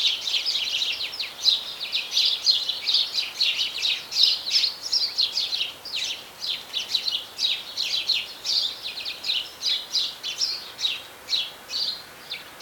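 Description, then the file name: House sparrow gives rapid, repeated chirps in an irregular chattering stream. Individual notes stand out clearly over a low, steady noise floor. "Passer domesticus"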